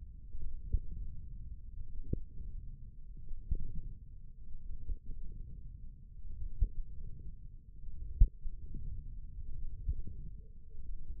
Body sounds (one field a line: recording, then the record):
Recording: forearm muscle sounds (acoustic myography)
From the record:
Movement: wrist extension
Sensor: system 1, eight BSWA MPA416 microphones around the upper forearm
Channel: 2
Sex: male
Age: 20 years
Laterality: left